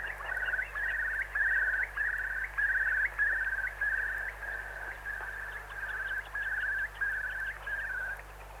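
Bird singing a run of short warbled phrases, repeated steadily without pause at a middle pitch, with a constant low hum underneath.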